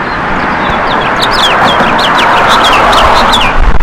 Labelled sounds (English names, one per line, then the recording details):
House Finch song
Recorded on Long Island, New York, on 14 June 2012
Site GL
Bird D